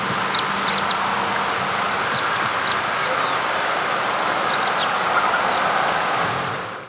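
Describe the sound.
American pipit calling, thin, high, short notes given in scattered bursts over a constant broad rushing noise.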